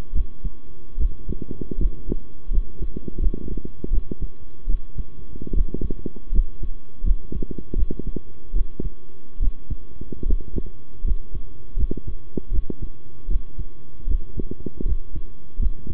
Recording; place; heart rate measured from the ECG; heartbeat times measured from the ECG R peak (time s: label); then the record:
heart sounds by stethoscope; between the tricuspid and mitral areas; 78 bpm
0.12 s: heartbeat
0.97 s: heartbeat
1.77 s: heartbeat
2.50 s: heartbeat
3.19 s: heartbeat
3.90 s: heartbeat
4.67 s: heartbeat
5.53 s: heartbeat
6.32 s: heartbeat
7.03 s: heartbeat
7.75 s: heartbeat
8.53 s: heartbeat
9.39 s: heartbeat
10.25 s: heartbeat
11.04 s: heartbeat
11.76 s: heartbeat
12.51 s: heartbeat
13.28 s: heartbeat
14.07 s: heartbeat
14.85 s: heartbeat
15.59 s: heartbeat
From the record:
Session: rest, sitting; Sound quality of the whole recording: good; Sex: male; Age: 23 years